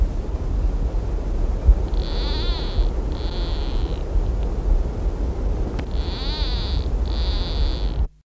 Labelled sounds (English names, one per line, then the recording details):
White-tipped Plantcutter call
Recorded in the wild
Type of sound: call
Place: Córdoba, AR
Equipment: Halbspur, 9,5 cm/s
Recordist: Lütgens, Hans
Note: Rufe